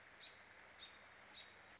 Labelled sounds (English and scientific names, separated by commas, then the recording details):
American Robin (Turdus migratorius)
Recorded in Sonoma County, California